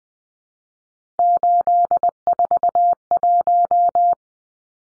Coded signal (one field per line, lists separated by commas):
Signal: Morse code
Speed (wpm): 20 wpm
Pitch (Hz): 700 Hz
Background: none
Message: 841